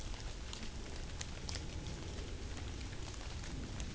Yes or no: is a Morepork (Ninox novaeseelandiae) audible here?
no